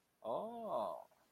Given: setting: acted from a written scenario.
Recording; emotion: vocal sound without words; confusion